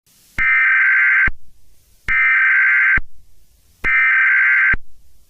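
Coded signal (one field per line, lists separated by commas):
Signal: Emergency Alert System (SAME) tones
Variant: header bursts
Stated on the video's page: Fictional scenario; not a real alert.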